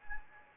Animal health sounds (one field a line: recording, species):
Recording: mosquito wingbeat signal from an infrared sensor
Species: Anopheles gambiae